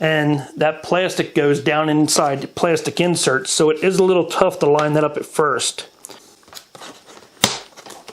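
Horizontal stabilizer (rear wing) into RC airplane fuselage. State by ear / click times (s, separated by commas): seated / 7.4 s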